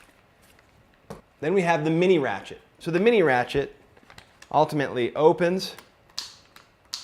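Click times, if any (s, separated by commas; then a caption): 6.2 s, 6.9 s. Someone talks, then the strap of a 2015 Flow snowboard binding is fed through its small plastic mini ratchet buckle, which ratchets one tooth at a time. Sharp clicks are heard at 6.2 s and 6.9 s as the buckle catches and locks the strap in place.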